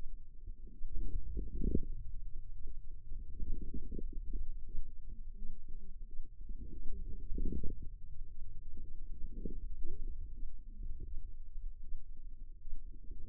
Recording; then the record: forearm muscle sounds (acoustic myography)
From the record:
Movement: wrist flexion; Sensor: system 2, bracelet of six BSWA MPA416 microphones around the upper forearm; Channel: 5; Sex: female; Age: 25 years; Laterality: right